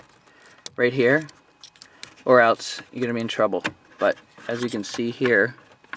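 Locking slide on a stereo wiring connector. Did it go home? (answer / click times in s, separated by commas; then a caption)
no / none. While fitting an aftermarket stereo into the dash of a 2004 Jetta, someone handles the small locking slide on a plastic stereo wiring connector, making brief sharp handling ticks between stretches of talk. The slide has not locked into place yet, and nothing has seated or clicked.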